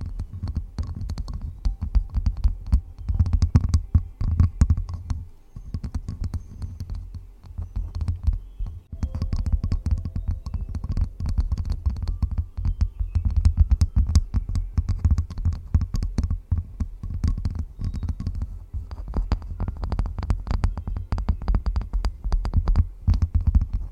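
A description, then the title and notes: Dense, irregular tapping on wood runs throughout with a deep low thud, busy, briefly easing around five and nine seconds. This episode includes tapping on wood.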